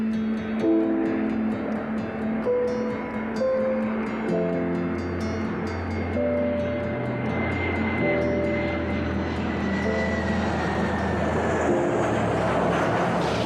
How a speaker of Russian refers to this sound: Люди пошли на рейс. Самолет высоко в небе.